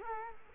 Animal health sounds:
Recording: mosquito wingbeat signal from an infrared sensor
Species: Culex quinquefasciatus

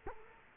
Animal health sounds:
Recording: mosquito wingbeat signal from an infrared sensor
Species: Culex quinquefasciatus

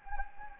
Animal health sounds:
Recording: mosquito wingbeat signal from an infrared sensor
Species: Anopheles gambiae

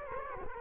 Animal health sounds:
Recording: mosquito wingbeat signal from an infrared sensor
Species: Culex quinquefasciatus

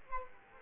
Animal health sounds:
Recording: mosquito wingbeat signal from an infrared sensor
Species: Culex quinquefasciatus

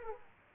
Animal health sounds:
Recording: mosquito wingbeat signal from an infrared sensor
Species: Aedes aegypti

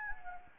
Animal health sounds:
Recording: mosquito wingbeat signal from an infrared sensor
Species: Anopheles gambiae

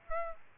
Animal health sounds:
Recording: mosquito wingbeat signal from an infrared sensor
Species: Aedes aegypti

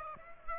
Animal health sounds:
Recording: mosquito wingbeat signal from an infrared sensor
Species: Aedes aegypti

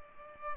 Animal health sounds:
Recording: mosquito wingbeat signal from an infrared sensor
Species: Culex pipiens

